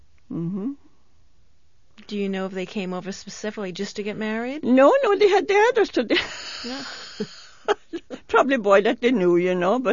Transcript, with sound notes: Do you know if they came over specifically just to get married?
No, no they had the address (she laughs) to the, probably a boy that they knew, you know.